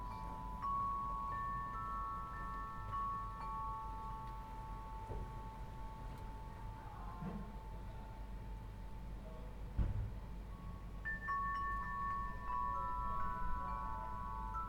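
Wind chimes ring out in clusters of clear, bright tones, starting soon after the opening and swelling again near the end, their notes lingering and overlapping. Between them a low rumble persists, with a soft knock around ten seconds.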